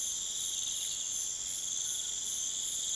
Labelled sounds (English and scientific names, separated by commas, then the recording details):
none
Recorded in pastures near Puerto Asís, Putumayo, Colombia, on 27 June 2025 at 23:00
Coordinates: 0.486, -76.323
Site H29